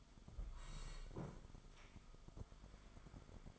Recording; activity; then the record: daily activity, microphone in the room; sit down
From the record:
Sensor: 5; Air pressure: 1005.3 hPa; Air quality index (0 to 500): 106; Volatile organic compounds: 2 ppm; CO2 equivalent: 1298 ppm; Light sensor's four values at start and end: 34/79/32/30 and 34/79/32/30